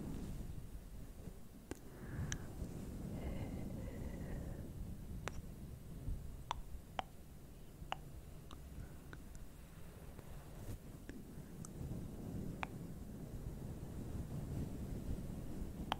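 Long nails scratch across a fluffy microphone, making a dense, steady low rumble that runs the whole way through. Sharp little clicks and ticks pop out every second or so, with a faint thin whistle near the start.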